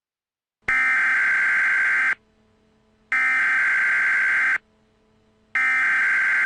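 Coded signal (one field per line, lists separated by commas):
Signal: Emergency Alert System (SAME) tones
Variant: header bursts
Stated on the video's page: Fictitious emergency alert scenario; the tones may or may not be valid EAS tones.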